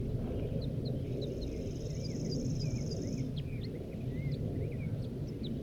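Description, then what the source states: Crossbill: scattered short chirps and slurred notes over a steady high whine lasting a couple of seconds and heavy low rumbling noise. Wild male crossbill, Poverty Hollow, about 8 a.m., June 1, 1983, during capture.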